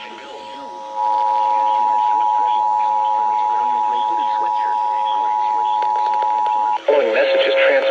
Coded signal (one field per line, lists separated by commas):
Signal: Emergency Alert System (SAME) tones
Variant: 853 and 960 Hz attention tone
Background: speech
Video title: South Carolina Amber Alert on WXL70, KHC27, and WNSC-FM (EAS 114-117)